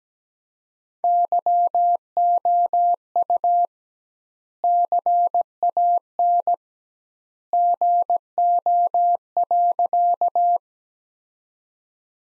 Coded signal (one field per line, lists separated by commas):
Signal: Morse code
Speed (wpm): 17 wpm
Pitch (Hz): 700 Hz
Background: none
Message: YOU CAN GO.